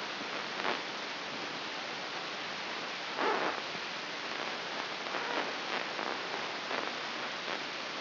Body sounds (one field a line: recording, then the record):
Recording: brain microelectrode recording played as sound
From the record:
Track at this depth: inside the subthalamic nucleus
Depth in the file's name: 6.508 mm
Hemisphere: left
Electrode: 3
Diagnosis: Parkinson's disease